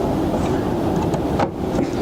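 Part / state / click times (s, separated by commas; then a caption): vacuum bag compartment cover into the built-in vacuum housing / not seated / none. The plastic vacuum bag compartment cover of the built-in vacuum in a Sierra North Trail RV is handled after the bag has been changed and moved out of the way, as it is brought back toward the vacuum housing to snap back in. A steady low rumble fills the clip with a few faint brief ticks. Nothing has seated or clicked yet.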